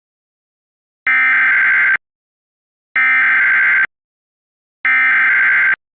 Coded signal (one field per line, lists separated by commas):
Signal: Emergency Alert System (SAME) tones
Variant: header bursts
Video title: EAS Scenario 10: Alternates